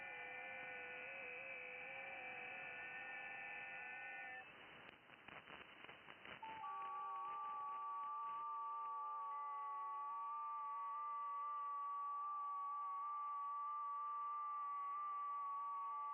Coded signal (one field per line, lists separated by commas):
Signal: FT8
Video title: Can I Hear You? 28 MHz FT8 DX to Europe!